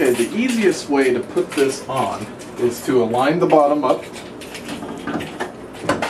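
Someone talks while lining up the bottom of an HP all-in-one computer with the mounting bracket on a Rubbermaid cart, with short contact knocks around 5.4 s and 5.9 s. The computer is only being positioned here; nothing has seated or clicked into place yet.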